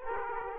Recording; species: mosquito wingbeat signal from an infrared sensor; Aedes aegypti